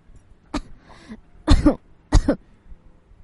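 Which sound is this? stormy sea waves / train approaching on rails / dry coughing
dry coughing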